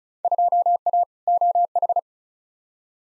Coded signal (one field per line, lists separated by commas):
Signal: Morse code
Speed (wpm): 34 wpm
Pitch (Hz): 700 Hz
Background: none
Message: 2A OH